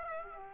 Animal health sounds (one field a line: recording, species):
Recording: mosquito wingbeat signal from an infrared sensor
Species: Aedes aegypti